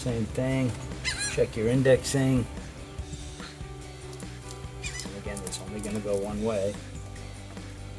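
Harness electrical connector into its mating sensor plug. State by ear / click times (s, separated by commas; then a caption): not seated / none. During the install of a Flowmaster Delta Force cold air intake with snorkel on a Jeep Gladiator JT, an indexed plastic electrical connector on the engine harness is handled and pushed toward its mating sensor plug; it fits only one way. Someone talks over background music, with a few brief sharp taps in the middle. The connector has not seated or clicked in yet.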